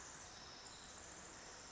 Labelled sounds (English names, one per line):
Pacific Wren